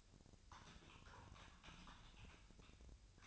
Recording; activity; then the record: daily activity, microphone in the room; typing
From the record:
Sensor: 2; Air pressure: 1009.3 hPa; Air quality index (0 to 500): 187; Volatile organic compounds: 11 ppm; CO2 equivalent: 2323 ppm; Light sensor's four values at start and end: 24/58/25/28 and 24/58/25/28